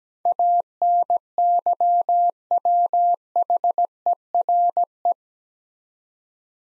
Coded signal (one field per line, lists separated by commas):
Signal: Morse code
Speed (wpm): 17 wpm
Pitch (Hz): 700 Hz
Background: none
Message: ANYWHERE